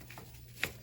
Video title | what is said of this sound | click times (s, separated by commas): National Cleaning Week 2021 Salemen's Spotlight | and now i'm locked into place with both of those | 0.1 s, 0.6 s